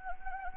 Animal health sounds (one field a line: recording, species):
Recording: mosquito wingbeat signal from an infrared sensor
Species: Anopheles gambiae